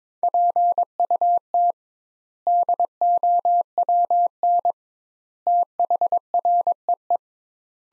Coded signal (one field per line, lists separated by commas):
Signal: Morse code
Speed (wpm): 22 wpm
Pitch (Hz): 700 Hz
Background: none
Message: PUT DOWN THREE